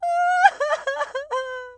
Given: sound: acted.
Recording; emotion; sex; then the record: nonverbal affect burst; sadness; female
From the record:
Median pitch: 519 Hz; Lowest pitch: 251 Hz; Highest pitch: 815 Hz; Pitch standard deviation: 171 Hz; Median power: 65.7 dB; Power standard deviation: 9.8 dB